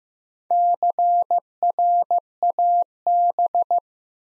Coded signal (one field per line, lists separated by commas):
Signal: Morse code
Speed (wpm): 15 wpm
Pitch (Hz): 700 Hz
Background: none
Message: CRAB